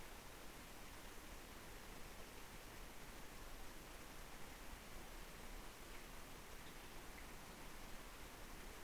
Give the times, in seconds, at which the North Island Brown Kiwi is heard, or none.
none